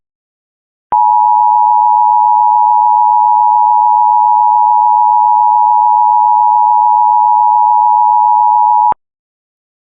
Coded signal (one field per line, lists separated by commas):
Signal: Emergency Alert System (SAME) tones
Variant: 853 and 960 Hz attention tone